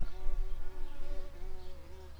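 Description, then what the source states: Shrill carder bee buzzing: a steady, slightly wavering droning hum with layered tonal lines, over a rumbling, noisy background. Worker bees.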